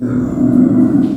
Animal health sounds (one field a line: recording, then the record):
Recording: squeal of a Yucatan mini pig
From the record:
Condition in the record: after surgery on the right vocal fold (resection and tissue-engineered implant)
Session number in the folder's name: 5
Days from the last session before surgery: 33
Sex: female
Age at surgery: 19 weeks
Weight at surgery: 25 kg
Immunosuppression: prednisolone